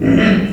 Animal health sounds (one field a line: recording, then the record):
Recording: squeal of a Yucatan mini pig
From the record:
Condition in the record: after surgery on the right vocal fold (resection and tissue-engineered implant)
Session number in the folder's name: 6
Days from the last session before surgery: 40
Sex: female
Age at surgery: 19 weeks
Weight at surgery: 25 kg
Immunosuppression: prednisolone